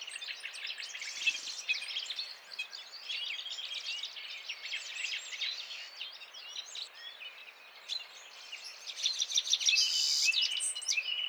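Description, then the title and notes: Overlapping citril finch song, steady high twittering and jingling notes throughout, growing louder near the end with a buzzy trill. Males singing in a gathered flock before females at end of winter, 17 March 2017, Vallon de Combeau, Drôme, France, mountains; recorded with Nagra Seven and Telinga P7. "Printemps de Venturon. Vallon de Combeau - Drôme"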